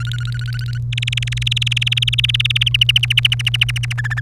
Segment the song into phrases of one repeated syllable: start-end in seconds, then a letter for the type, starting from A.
0.00-0.78 A, 0.92-2.69 B, 2.74-3.93 C, 3.98-4.20 D